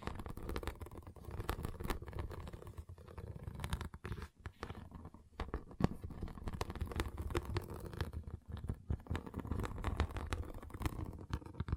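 Pixel art beads click and rattle as they are handled, with sharp, irregular ticks scattered densely across the whole twelve seconds. A steady low rumbling runs underneath, and the activity briefly thins out around the four- and five-second marks.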